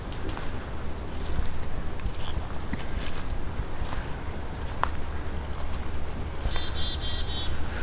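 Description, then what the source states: Black-capped Chickadee calls, high thin seet notes and a buzzy dee-dee-dee series near the end, over constant low rumble. A large group of black-capped chickadees.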